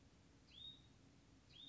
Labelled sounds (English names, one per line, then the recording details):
Hutton's Vireo
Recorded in Sonoma County, California